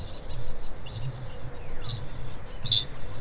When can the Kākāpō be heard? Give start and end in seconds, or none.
0.57-3.20